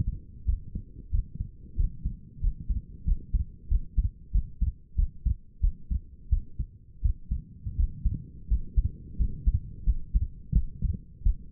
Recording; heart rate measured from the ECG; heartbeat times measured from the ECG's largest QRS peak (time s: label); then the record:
heart sounds by stethoscope; 89 bpm
0.46 s: heartbeat
1.11 s: heartbeat
1.77 s: heartbeat
2.41 s: heartbeat
3.05 s: heartbeat
3.69 s: heartbeat
4.32 s: heartbeat
4.96 s: heartbeat
5.61 s: heartbeat
6.30 s: heartbeat
7.02 s: heartbeat
7.77 s: heartbeat
8.48 s: heartbeat
9.17 s: heartbeat
9.84 s: heartbeat
10.53 s: heartbeat
11.24 s: heartbeat
From the record:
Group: healthy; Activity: rest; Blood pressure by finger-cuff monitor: 126/87 mmHg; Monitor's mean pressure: 99 mmHg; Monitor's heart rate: 88 bpm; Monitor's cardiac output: 6.1 L/min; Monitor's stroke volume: 68 mL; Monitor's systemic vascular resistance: 1230 dyn s/cm5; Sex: female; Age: 37 years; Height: 168 cm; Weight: 70 kg